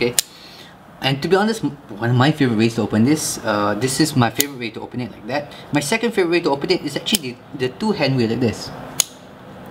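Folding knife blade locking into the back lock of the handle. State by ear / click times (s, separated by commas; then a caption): seated / 9.0 s. A small Spyderco Dragonfly 2 folding knife is opened with two hands while someone talks. At 9.0 s the steel back lock snaps into the blade tang with a sharp click and locks the blade open.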